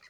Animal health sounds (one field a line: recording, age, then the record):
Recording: pig call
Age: piglet (1 to 25 days)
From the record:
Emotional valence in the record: positive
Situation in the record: short reunion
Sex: male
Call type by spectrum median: high-frequency call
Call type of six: low-frequency tonal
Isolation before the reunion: 3 minutes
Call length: 0.09 s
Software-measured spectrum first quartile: 1892 Hz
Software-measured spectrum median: 2563 Hz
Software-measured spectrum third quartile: 4618 Hz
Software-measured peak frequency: 1958 Hz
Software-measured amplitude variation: 31 dB a second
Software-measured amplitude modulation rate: 27.6 a second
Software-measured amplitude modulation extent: 1.1 dB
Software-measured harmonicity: 4.0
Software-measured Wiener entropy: -1.78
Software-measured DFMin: 615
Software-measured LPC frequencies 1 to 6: 1210, 1972, 4158, 5165, 6249, 7157 Hz